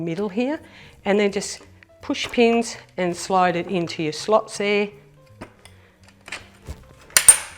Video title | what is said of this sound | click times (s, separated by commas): Showerbuddy Discusses Our Range of Chairs | and you'll hear that lock into place | 7.2 s, 7.3 s